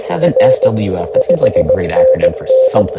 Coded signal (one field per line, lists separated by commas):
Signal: Morse code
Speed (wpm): 18 wpm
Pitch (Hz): 500 Hz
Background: speech, radio noise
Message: R 5NN